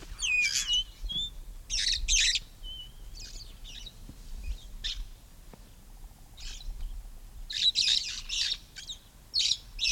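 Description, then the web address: Red-fronted parrot calls: a long series of harsh screeches mixed with thin whistled notes, quieter in the middle, then a dense burst of shrieks toward the end. "parrots poicephalus-gulielmi"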